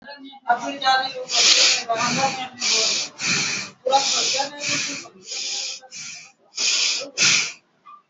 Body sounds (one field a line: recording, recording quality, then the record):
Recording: shallow breathing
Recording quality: excellent, no background noise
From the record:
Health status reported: healthy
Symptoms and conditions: none ticked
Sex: male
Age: 20 years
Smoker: not ticked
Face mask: not worn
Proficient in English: yes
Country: India